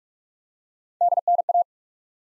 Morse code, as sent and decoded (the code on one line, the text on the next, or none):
-.. -. .-
DNA